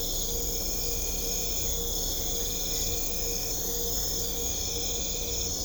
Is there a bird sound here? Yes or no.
no